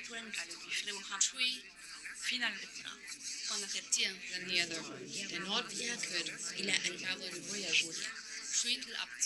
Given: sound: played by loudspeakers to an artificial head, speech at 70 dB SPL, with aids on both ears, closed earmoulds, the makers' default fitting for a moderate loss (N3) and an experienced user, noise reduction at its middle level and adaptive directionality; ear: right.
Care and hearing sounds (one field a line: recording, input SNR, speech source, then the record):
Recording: speech test signal (ISTS) in cocktail-party noise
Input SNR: 0 dB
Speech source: in front (0 degrees)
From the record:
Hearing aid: class 1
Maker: J